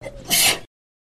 Sneeze.